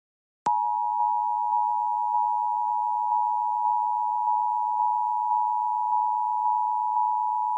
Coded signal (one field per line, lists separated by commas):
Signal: Emergency Alert System (SAME) tones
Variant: 853 and 960 Hz attention tone